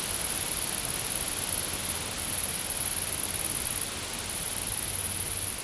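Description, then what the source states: Insect chorus of a thin, shrill buzz that drops out briefly twice and then resumes at the same high pitch. Insects in a field.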